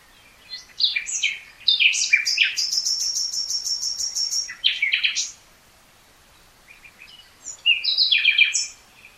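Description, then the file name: Common nightingale song: quick chirps leading into a high, rapid run of evenly repeated ticking notes, then more chirps after a pause. "Luscinia megarhynchos"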